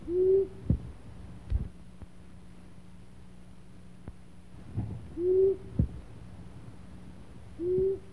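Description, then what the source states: Long-eared owl giving low, soft hoots, short single notes spaced several seconds apart, three heard, with faint clicks and a low steady hum behind. Recorded in summer.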